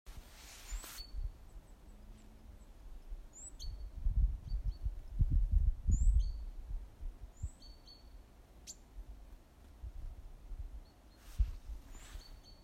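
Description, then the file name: Great tit calls: repeated high, thin sliding notes with short lower notes, scattered throughout amid low thuds and rumbling noise. "Parus major"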